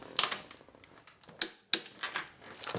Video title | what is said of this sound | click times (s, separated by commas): Cylinder Head Installation Jeep 4.0L | And you can really hear the click of the torque wrench as we've increased the torque. | 1.4 s, 1.7 s